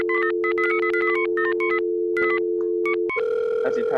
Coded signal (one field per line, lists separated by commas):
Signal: telephone call progress tone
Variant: North America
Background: speech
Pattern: dial tone